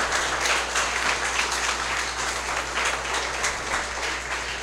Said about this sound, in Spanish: ¿Cuántos creen eso? Dale un aplauso a Jesús por eso.